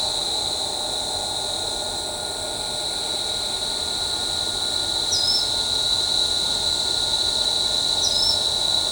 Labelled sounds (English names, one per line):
Ochre-lored Flatbill